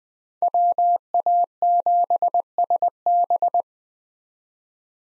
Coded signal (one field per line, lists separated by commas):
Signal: Morse code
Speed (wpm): 20 wpm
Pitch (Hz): 700 Hz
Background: none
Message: WA7SB